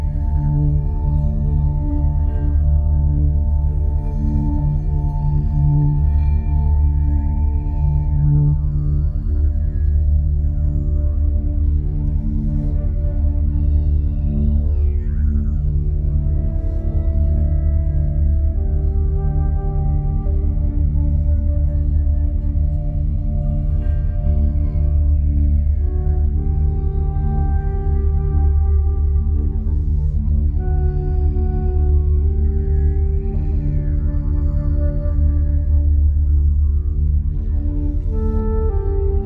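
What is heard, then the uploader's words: A binaural beat drone holds a deep, steady low hum throughout, with a slow pulsing wobble in the bass. Softer sustained tones above it shift pitch every few seconds like a slow, bowl-like melody, with faint swells higher up. Binaural Beat Delta.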